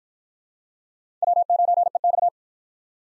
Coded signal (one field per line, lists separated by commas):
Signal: Morse code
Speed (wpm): 53 wpm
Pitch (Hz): 700 Hz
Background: none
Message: W9EX